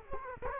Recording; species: mosquito wingbeat signal from an infrared sensor; Culex quinquefasciatus